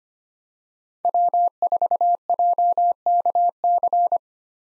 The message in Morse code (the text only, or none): W4JKC